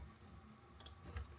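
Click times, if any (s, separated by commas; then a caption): none. A plastic headlight intake piece is handled against the headlight housing of a Fiesta ST hatchback during installation, with soft plastic ticks and handling noises at about 0.8, 0.9 and 1.2 seconds over a low background rumble. Nothing has seated or clicked into place yet.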